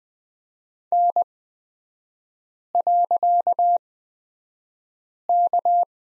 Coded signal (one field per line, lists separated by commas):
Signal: Morse code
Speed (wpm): 20 wpm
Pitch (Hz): 700 Hz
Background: none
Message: N.K